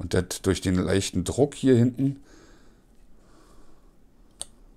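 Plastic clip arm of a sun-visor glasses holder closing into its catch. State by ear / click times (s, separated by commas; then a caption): seated / 4.4 s. Someone talks over a plastic universal car sun-visor glasses holder whose glasses are meant to snap in over a bit of foam padding with light pressure at the back. After a short quiet stretch, a single sharp click at 4.4 s marks the plastic clip arm closing into its catch, and the holder snaps shut.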